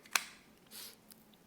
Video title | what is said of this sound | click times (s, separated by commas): Bestech Sky Hawk along with some Prototype goodness 👍 | And you get a nice positive click. | 0.2 s